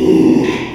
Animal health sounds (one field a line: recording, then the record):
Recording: squeal of a Yucatan mini pig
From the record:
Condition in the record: after surgery on the right vocal fold (resection and tissue-engineered implant)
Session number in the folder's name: 1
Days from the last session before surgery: 6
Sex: male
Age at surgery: 12 weeks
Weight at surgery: 13 kg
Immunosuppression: cyclosporine, prednisolone